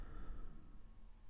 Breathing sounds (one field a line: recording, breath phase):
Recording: one breath near a microphone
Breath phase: exhalation